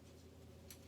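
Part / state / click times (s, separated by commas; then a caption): dose lever on a dry powder disk inhaler / seated / 0.7 s. The dose lever of a plastic disk-type dry powder inhaler is slid away as far as it goes and clicks into place at 0.7 s, loading a dose. A short, bright click rises over a steady low background hum. The lever is seated, and the inhaler is ready to use.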